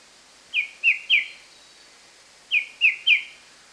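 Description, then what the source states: White-browed shrike-babbler song: two phrases of three loud, rich whistled notes, each dropping slightly in pitch, the phrases two seconds apart in a quiet background. Recorded 1 March 2008.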